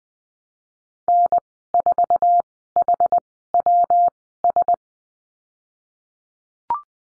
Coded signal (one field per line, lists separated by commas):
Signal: Morse code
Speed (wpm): 20 wpm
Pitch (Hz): 700 Hz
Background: none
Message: N4HWS